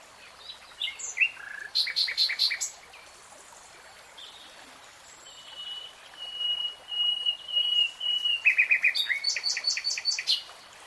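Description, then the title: Nightingale song with varied phrases: rapid clicking rattles, a series of pure whistled notes, and a fast repeated high trill near the end. Nightingale singing in real time. "[Tiếng chim hót] 3 Hours REALTIME Nightingale Singing"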